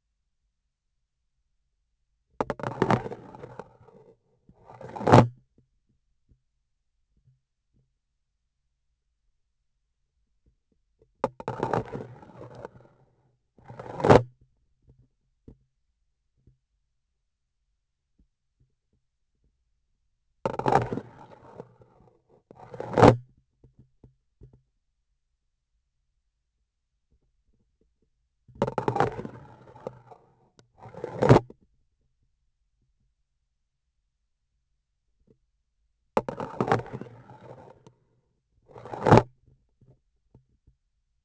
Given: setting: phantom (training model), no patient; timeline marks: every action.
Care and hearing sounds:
laparoscopic instrument, vibration sensor on the handle end; grasping forceps
2.34-4.13 s: insertion through the trocar
4.55-5.34 s: removal through the trocar
11.35-13.06 s: insertion through the trocar
13.49-14.30 s: removal through the trocar
20.39-21.74 s: insertion through the trocar
22.46-23.25 s: removal through the trocar
28.49-30.15 s: insertion through the trocar
30.67-31.53 s: removal through the trocar
36.12-37.82 s: insertion through the trocar
38.62-39.31 s: removal through the trocar
From the record:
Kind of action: spatial motion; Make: other than Olympus

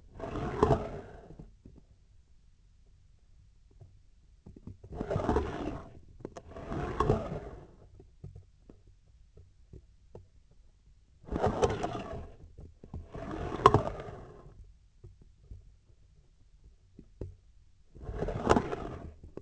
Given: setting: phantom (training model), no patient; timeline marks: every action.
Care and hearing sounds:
laparoscopic instrument, vibration sensor on the handle end; scissors
0.14-1.18 s: approaching movement
4.90-6.00 s: retracting movement
6.47-7.63 s: approaching movement
11.22-12.33 s: retracting movement
12.78-14.60 s: approaching movement
17.94-19.11 s: retracting movement
From the record:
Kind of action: spatial motion

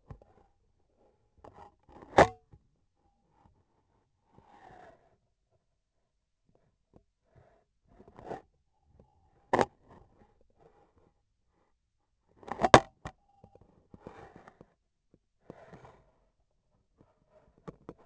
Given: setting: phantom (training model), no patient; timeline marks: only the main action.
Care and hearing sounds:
laparoscopic instrument, vibration sensor on the handle end; scissors
1.78-2.49 s: cutting thread
7.81-8.52 s: cutting thread
9.45-9.75 s: cutting thread
12.27-12.99 s: cutting thread
From the record:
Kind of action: gesture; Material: cotton thread

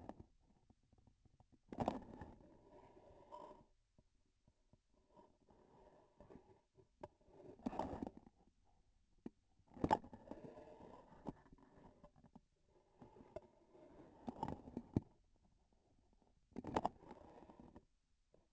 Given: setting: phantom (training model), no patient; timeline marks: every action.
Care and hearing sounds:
laparoscopic instrument, vibration sensor on the handle end; grasping forceps
0.00-0.36 s: grasping tissue
1.65-2.42 s: releasing tissue
7.55-8.36 s: grasping tissue
9.65-10.08 s: releasing tissue
14.14-15.22 s: grasping tissue
16.45-17.03 s: releasing tissue
From the record:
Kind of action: gesture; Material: synthetic tissue

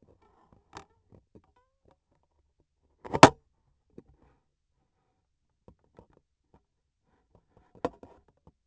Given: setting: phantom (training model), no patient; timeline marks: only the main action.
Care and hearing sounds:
laparoscopic instrument, vibration sensor on the handle end; scissors
2.83-3.53 s: cutting thread
From the record:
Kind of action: gesture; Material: cotton thread

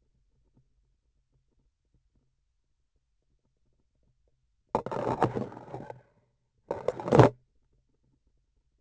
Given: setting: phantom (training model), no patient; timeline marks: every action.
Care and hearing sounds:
laparoscopic instrument, vibration sensor on the handle end; grasping forceps
4.69-6.01 s: insertion through the trocar
6.65-7.36 s: removal through the trocar
From the record:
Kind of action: spatial motion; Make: other than Olympus

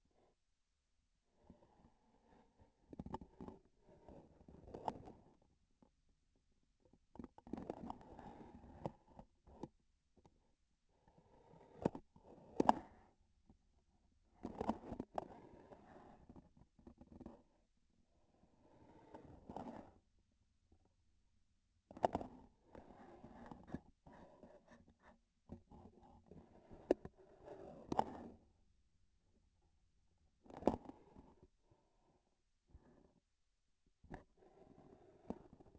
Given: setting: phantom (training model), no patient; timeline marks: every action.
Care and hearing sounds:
laparoscopic instrument, vibration sensor on the handle end; grasping forceps
4.47-5.46 s: grasping tissue
7.07-8.05 s: releasing tissue
12.07-13.26 s: grasping tissue
14.21-15.10 s: releasing tissue
19.28-20.09 s: grasping tissue
21.78-22.66 s: releasing tissue
27.73-28.69 s: grasping tissue
30.36-31.54 s: releasing tissue
From the record:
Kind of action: gesture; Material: synthetic tissue

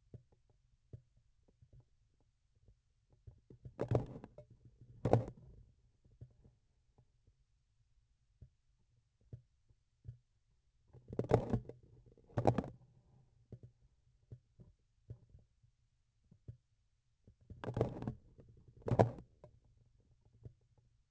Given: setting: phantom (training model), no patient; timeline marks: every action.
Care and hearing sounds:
laparoscopic instrument, vibration sensor on the handle end; grasping forceps
3.44-4.49 s: forceps opening
4.98-5.76 s: forceps closing
10.87-11.82 s: forceps opening
12.22-12.87 s: forceps closing
17.47-18.36 s: forceps opening
18.78-19.37 s: forceps closing
From the record:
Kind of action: tool actuation without material contact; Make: other than Olympus

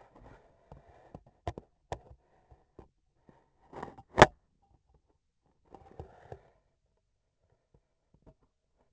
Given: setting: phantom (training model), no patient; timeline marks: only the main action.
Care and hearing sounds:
laparoscopic instrument, vibration sensor on the handle end; scissors
3.53-4.49 s: cutting thread
From the record:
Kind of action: gesture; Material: cotton thread

